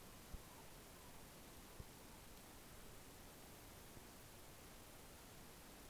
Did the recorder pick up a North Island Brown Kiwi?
no